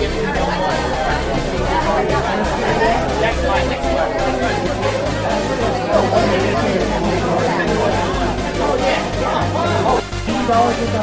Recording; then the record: background sound without coughing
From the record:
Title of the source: Nightlife Party Simulating Party Club Noise 1 Hour